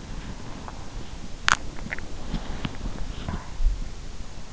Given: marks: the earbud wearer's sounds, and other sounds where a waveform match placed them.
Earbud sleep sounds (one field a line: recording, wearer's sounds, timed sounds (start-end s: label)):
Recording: sounds in sleep by an in-ear microphone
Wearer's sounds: teeth grinding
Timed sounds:
0.00-3.60 s: teeth grinding